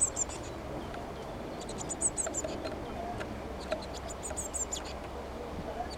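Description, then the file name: Eurasian blue tit calling in thin, high, rapid note clusters that come in irregular bursts, over a low steady hum. "Cyanistes caeruleus"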